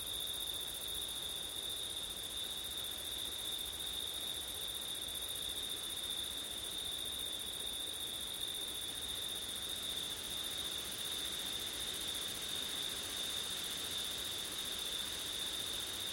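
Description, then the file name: Cricket: an unbroken chorus of high-pitched cricket trills, steady in level throughout, with a faint breathy wind hiss. Crickets on a windy September night; ORTF stereo. "crickets wind september night ortif"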